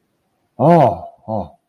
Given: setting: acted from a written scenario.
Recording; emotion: vocal sound without words; relief